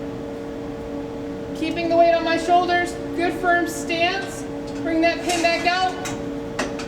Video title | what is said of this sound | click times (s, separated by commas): Weight Room Safety Workshop- Supercat | it up, make sure it clicks into place, slowly lower it down, | 6.6 s